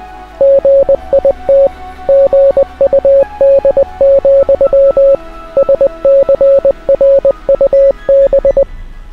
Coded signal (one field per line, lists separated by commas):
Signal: Morse code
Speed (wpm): 20 wpm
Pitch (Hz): 550 Hz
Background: music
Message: GIT GUD, SCRUB